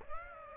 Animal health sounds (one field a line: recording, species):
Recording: mosquito wingbeat signal from an infrared sensor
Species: Aedes aegypti